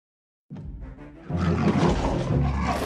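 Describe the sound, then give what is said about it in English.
A deep, rumbling Tyrannosaurus rex roar begins after a short silence, then swells into a louder, harsher, gravelly bellow that holds steady to the end, with no voices. “Nothing is safe! Roar! The king of hunters, T-Rex.”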